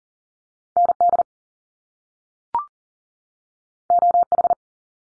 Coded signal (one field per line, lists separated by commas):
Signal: Morse code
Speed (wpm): 41 wpm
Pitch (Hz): 700 Hz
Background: none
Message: N D O H